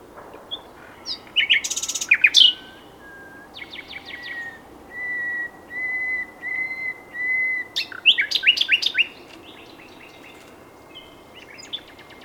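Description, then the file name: Common nightingale singing varied phrases, including a run of evenly spaced whistled notes at one pitch, between quick chattering and sharp chirped bursts. "Luscinia megarhynchos"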